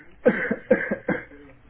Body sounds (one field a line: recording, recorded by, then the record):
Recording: voluntary cough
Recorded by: telephone call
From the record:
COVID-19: negative